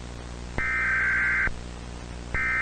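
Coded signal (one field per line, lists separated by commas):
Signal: Emergency Alert System (SAME) tones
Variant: header bursts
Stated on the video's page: Fictional EAS scenario warning broadcast made as a school project film.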